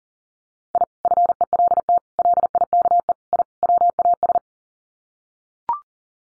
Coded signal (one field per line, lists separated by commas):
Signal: Morse code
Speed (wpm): 37 wpm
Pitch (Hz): 700 Hz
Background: none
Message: I FELT LIKE I WAS